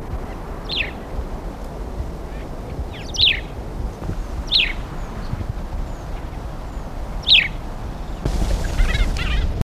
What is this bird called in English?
Great Sparrow